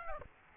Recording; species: mosquito wingbeat signal from an infrared sensor; Aedes aegypti